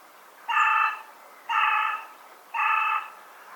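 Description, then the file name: Carrion crow cawing, three harsh, hoarse caws each about half a second long, evenly spaced about one second apart. "Corvus corone"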